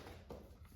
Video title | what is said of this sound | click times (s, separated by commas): Must Have Snow Brush and Ice Scraper! JOYTUTUS 3 in 1 Unboxing and Review | um and there you have it kind of snap right in place | 0.3 s